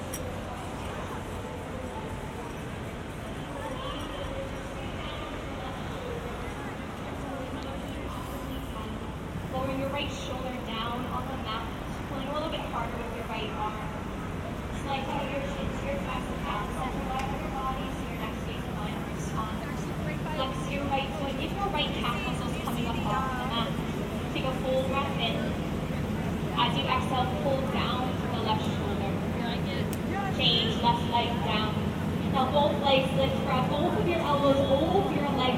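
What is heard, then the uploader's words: Walking from Grand Central toward Times Square, a crowd's overlapping voices chatter without pause, with a woman's voice standing out at times. A low, steady rumble of traffic runs underneath and grows heavier and louder over the last half, with sharper clatters near the end. A twenty-five minute binaural recording of a walk from Grand Central Terminal to Times Square. A walk from Grand Central to Times Square.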